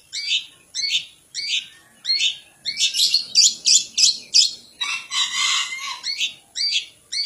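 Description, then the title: Long-tailed shrike song of loud, harsh, high chirps repeated at a steady quick pace, broken by one rasping, buzzy burst. Champion singing bird. "Kicau Burung Cendet Juara"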